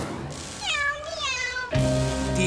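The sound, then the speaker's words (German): A robot cat, just switched on with a lever, gives two drawn-out, wavering meows with bright harmonics, then a steady, buzzy electronic tone takes over at a louder level. No one speaks. “Eine Roboterkatze erschien vor ihm. Und sie sah Katzi zum Verwechseln ähnlich.”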